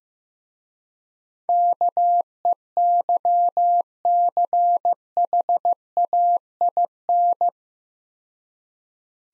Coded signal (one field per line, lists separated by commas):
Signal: Morse code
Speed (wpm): 15 wpm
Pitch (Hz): 700 Hz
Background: none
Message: KEYCHAIN